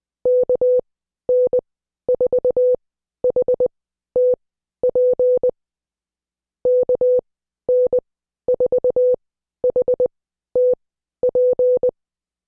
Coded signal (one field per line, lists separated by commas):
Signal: Morse code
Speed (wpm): 20 wpm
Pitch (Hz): 500 Hz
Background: none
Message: KN4HTP KN4HTP